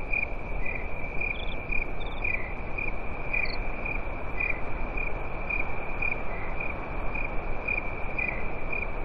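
Cricket chirping: a continuous shrill tone carrying brief, evenly spaced pulses, over a steady low rumble.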